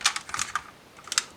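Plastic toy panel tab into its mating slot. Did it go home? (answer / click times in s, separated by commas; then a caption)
yes / 1.2 s. While transforming a plastic FT61 Plague robot toy, two plastic parts are pressed together so a panel clip tab pushes into its mating slot. A string of short, sharp plastic ticks runs through the first 0.6 s, then a pair of crisp snaps ends with the loudest click at 1.2 s as the tabs lock. The panel is seated with a snug, perfect-bite fit.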